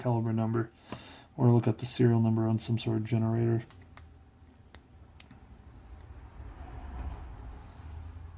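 Someone talks for the first few seconds while fitting a new band to a 1953 Rolex Oysterdate Precision Cal. 6256 case, pushing the spring-loaded watch band spring bar into the metal lug holes. After the talking stops, small, sharp clicks come at about 4.0, 4.8 and 5.2 seconds over quiet handling noise. Nothing has seated or snapped into the lugs yet.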